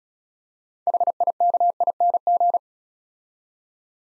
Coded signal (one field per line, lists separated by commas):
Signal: Morse code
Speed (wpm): 35 wpm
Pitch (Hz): 700 Hz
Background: none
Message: HIKING